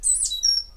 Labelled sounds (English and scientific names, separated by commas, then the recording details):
Stitchbird (Notiomystis cincta) song
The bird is a male
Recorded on Tiritiri Matangi Island, New Zealand, in 2005
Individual 8, of nest box 10